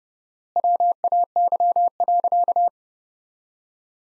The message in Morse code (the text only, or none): WAY.